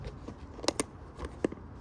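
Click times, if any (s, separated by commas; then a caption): none. A plastic lid is repositioned and handled on a food storage container before being pressed down, with short plastic clacks around 0.7 s and 0.8 s and a softer tick near 1.5 s. Nothing has seated or clicked into place yet.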